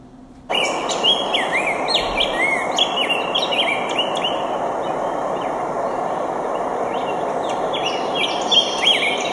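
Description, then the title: Bird calls: many short downslurred and chirping notes, high-pitched, overlapping, over a steady broad hiss like rushing water; opens with a brief quiet moment. Recorded by a jungle river; park in Eugene, Oregon, and a ranch in Montana, USA. "丛林河边的鸟叫_美国蒙大拿州岩溪牧场Skinner Bette Park，美国俄勒冈州尤金"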